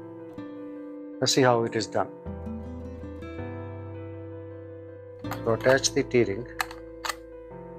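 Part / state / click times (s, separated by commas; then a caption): T-ring adapter on DSLR camera lens mount / seated / 7.1 s. A Canon T-ring adapter is twisted onto a DSLR camera's lens mount over background music while someone talks. Its bayonet clicks into place at 7.1 s, locking the T-ring securely onto the camera.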